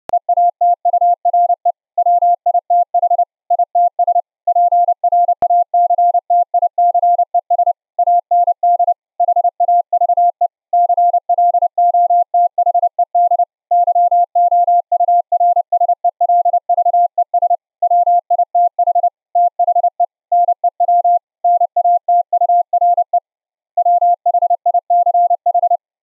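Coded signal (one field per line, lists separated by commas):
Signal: Morse code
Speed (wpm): 30 wpm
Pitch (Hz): 700 Hz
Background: none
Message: EATURE WITH ITS PRACTICES AND HAVE CLOTHED YOURSELVES WITH THE NEW NATURE WHICH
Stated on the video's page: Square-wave CW sidetone from a keyer or CPO re-keyed into a pure sine wave with raised-cosine edges, using a bandpass filter plugin on Windows 10.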